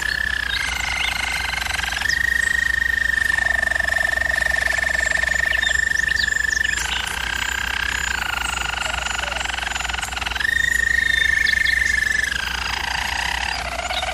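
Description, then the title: German Roller canary song: steady hollow rolls alternating between a higher clear tour and a deeper one, each held for several seconds before switching. German Roller canary singing, for canary training. "German Roller Canary Singing - Canary Training Vid"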